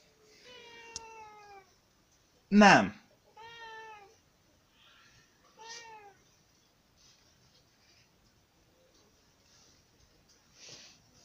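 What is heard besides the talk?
cat meowing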